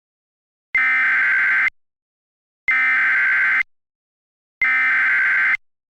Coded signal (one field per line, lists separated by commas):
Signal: Emergency Alert System (SAME) tones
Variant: header bursts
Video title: EAS Mock - Donna is alive Part II - Flash Flood Emergency (2012, Requested)